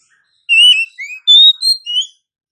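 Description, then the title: Oriental magpie-robin calls: a clear whistled note, a low rising slurred note, a long level whistle, then shorter whistles, the last one rising. Female call, used as a lure to provoke males to respond and fight; any male is said to answer quickly. "KACER NGOTOT FULL TEMBAKAN. KACER MANAPUN DIJAMIN NYAUT TIDAK PAKEK LAMA DENGAN PIKAT SUARA KACER BETINA INI"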